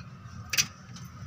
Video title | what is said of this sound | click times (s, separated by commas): BS6 Bajaj auto का handle आसानी से लॉक करें। HOW TO LOCK BAJAJ AUTO | घुमाइएगा, छोड़ देगा, हैंडल | 0.5 s